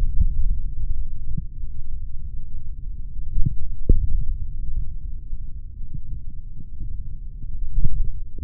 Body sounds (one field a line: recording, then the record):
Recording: forearm muscle sounds (acoustic myography)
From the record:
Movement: index flexion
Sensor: system 3, bracelet of six PUI Audio POM-2738L microphones around the upper forearm, with dedicated amplification and filtering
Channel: 6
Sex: male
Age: 26 years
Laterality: right